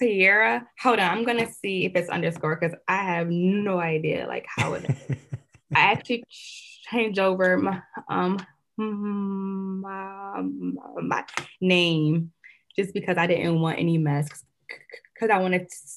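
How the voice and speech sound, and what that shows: Adult woman, a college public health student, speaking fast and conversationally with stuttering: prolonged sounds and silent blocks interrupt her phrases. Her blocks increase under stress.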